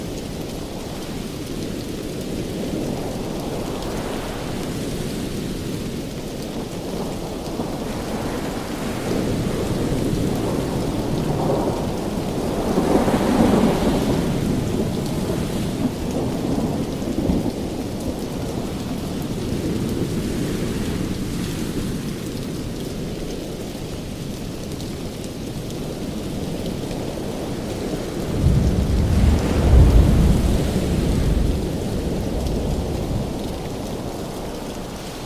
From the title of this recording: Thunder And Lightning Rain Sounds On Ocean Waves